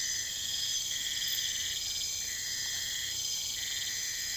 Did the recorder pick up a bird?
no